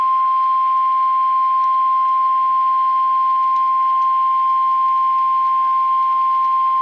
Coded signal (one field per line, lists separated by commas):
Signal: Emergency Alert System (SAME) tones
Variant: 1050 Hz attention tone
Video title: [LIVE STREAM EAS; DOUBLE HEADER] SVR + FFW - 07/20/2018 (EAS #285-286)